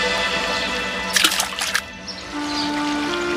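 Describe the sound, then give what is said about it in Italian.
Steady flowing water of a waterfall with a brief burst of splashing, brighter sound in the middle, then settling back to a continuous trickling rush alongside faint steady tones. “C'era una cascata che scorreva accanto a loro.”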